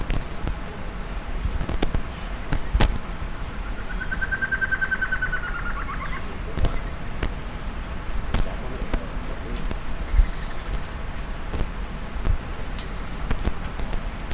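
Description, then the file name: Bird producing a rapid even rattle for roughly two seconds, slightly falling at its end, amid intermittent sharp clicks and constant low rumble. "SABIOD 50 bird 2015"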